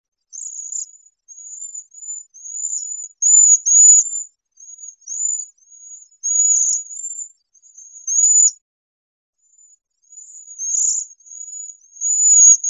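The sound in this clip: Cedar waxwing calls: thin, very high, hissing seee notes, some slightly trilled, given in a loose series with short gaps throughout, against a silent background.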